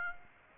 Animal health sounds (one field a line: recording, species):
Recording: mosquito wingbeat signal from an infrared sensor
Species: Aedes aegypti